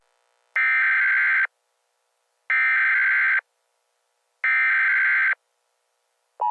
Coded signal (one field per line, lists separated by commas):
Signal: Emergency Alert System (SAME) tones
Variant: header bursts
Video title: NUCLEAR ATTACK PRANK WITH INTRO VIDEO! Emergency Alert System!